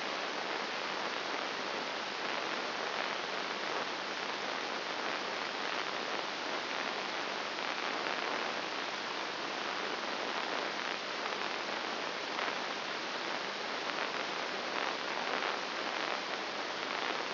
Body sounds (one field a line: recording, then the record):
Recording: brain microelectrode recording played as sound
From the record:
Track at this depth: inside the subthalamic nucleus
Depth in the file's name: 1.502 mm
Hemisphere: right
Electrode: 3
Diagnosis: Parkinson's disease